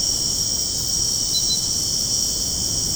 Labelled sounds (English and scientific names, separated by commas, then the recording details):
none
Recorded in secondary vegetation near Puerto Asís, Putumayo, Colombia, on 20 February 2024 at 02:00
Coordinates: 0.489, -76.322
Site G6419